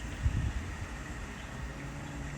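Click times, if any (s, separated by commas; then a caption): none. A wire harness plug is lined up with the matching shape of the control board socket on an Amana washer before being pushed home. A few low, soft handling thumps occur around 0.2–0.5 s over a steady low rumble and faint hum. Nothing has seated or clicked yet.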